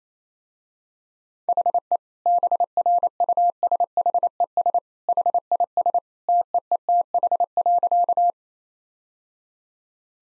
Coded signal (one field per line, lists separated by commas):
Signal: Morse code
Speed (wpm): 28 wpm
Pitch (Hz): 700 Hz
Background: none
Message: HE BRUSHES HIS TEETH.